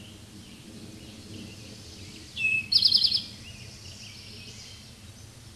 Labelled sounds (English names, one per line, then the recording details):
Eastern Towhee song
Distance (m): 10 m
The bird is about 5 m above the microphone
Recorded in a Pennsylvania forest on 16 May 2024 at 09:47
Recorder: AudioMoth, point MSD-2166
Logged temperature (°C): 16.3 °C
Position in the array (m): 105 m, 9 m